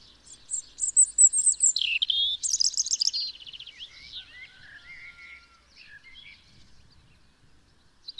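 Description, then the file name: European robin song: a burst of high, thin, warbling notes and a rapid trill in the first three seconds, then softer, fading twittering phrases. "Erithacus rubecula"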